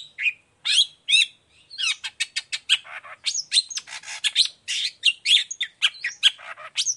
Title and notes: Cendet Gacor Dor Di Kala Pagi Toet Toet Variasi Suara. Efektif Cendet Gacor Suara Jernih Full Variasi Sangat Mudah Di Tiru Cendet Jenis Apapun. Burung cendet